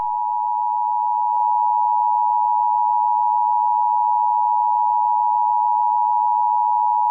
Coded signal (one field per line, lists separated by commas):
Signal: Emergency Alert System (SAME) tones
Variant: 853 and 960 Hz attention tone